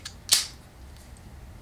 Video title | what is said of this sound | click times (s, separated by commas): The Ulanzi Hummingbird / claw Quick Release System review | Snaps in place. Amazingly nice. | 0.3 s